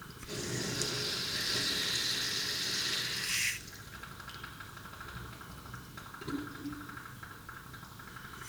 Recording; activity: daily activity, guitar pickup as the sensor; flush